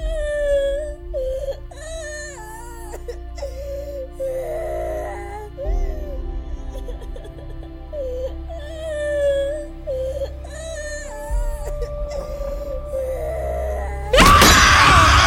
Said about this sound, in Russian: Увидев свои ладони в крови, Демьен закричал. Он бросился к отцу и разрыдался.